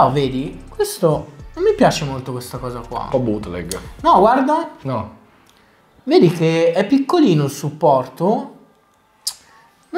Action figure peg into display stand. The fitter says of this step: Non è che si incastra benissimo.